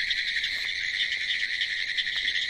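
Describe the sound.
Pine Woods Treefrog calling, a steady high rattling trill that hardly pauses over the whole stretch.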